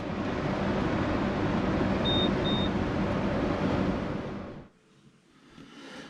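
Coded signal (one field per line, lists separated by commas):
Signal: beep code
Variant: Austrian GO-Box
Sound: two short high beeps over loud engine and road rumble, which then fades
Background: vehicle road noise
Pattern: 2 short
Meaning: Two short beeps: prepaid toll credit used up, pay and reload at a GO point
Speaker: here is an example of the two beeps we got when we were going under one of the gantries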